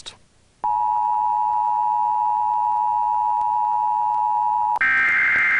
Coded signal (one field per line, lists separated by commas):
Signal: Emergency Alert System (SAME) tones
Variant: 853 and 960 Hz attention tone